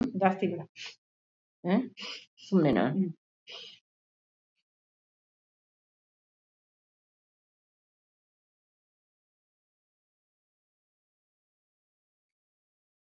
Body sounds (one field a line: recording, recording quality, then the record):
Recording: shallow breathing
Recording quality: moderate, slight background noise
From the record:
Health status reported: COVID-19 positive, moderate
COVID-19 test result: positive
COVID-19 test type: RT-PCR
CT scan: not taken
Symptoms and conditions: cough, fever, fatigue, hypertension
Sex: female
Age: 71 years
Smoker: no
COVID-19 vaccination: both doses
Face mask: worn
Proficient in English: no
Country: India